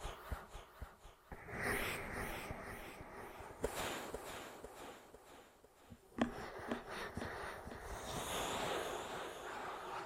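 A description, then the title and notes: Ear massage with dense rubbing and brushing that swells and eases, sharp taps near four and six seconds, and crackly bright rustles. Ear Massage.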